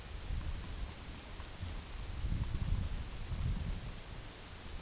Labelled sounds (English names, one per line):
none